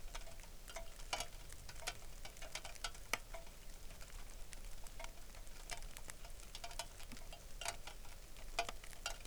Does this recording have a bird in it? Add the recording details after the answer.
yes. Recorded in the Arctic National Wildlife Refuge, Alaska, on 3 August 2019. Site 33